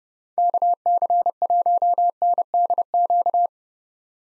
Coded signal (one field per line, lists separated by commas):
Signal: Morse code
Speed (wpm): 32 wpm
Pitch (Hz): 700 Hz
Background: none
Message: KC1NDQ